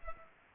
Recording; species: mosquito wingbeat signal from an infrared sensor; Culex pipiens